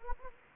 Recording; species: mosquito wingbeat signal from an infrared sensor; Anopheles gambiae